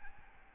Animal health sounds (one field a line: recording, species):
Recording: mosquito wingbeat signal from an infrared sensor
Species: Aedes albopictus